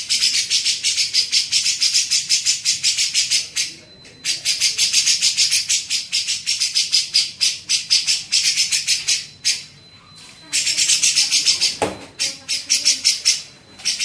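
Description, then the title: Grey-cheeked bulbul chattering in long fast runs of buzzy, rasping notes with several pauses; a faint steady high tone and a brief click are heard. Masteran tutoring song for training songbirds. "MASTERAN CUCAK JENGGOT"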